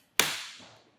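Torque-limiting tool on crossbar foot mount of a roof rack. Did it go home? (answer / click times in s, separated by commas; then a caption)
yes / 0.2 s. A torque-limiting tool gives the crossbar foot mount fastener of a Rhino-Rack Vortex Aero crossbar roof rack on a 2022 Toyota 4Runner one more turn and clicks again at 0.2 s. The sharp, bright click rings out and fades over about half a second, confirming the fastener has reached its set torque.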